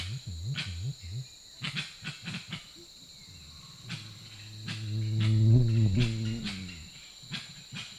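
Grey-winged trumpeter with low wavering hoots, then a swelling, deep droning hum rich in overtones lasting several seconds, with clicks and a high whine.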